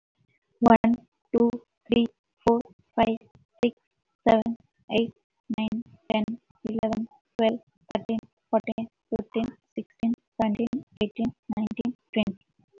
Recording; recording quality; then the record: counting at a normal pace; excellent, no background noise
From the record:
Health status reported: healthy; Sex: female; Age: 31 years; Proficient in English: yes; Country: India